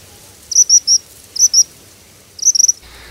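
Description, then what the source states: Tropical Kingbird song, three bursts of high, thin twittering notes about a second apart, each a quick run of sharp chips, over a quiet background. Abundant bird in Brazil; its characteristic song gave it the popular name suiriri; related to the bentevi; played as a quiz for listeners to identify.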